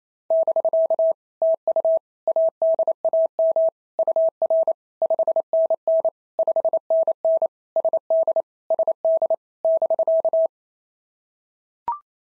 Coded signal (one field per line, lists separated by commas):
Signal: Morse code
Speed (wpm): 28 wpm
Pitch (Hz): 650 Hz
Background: none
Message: <BK> TU ADAM UR 5NN 5NN SD SD <BK>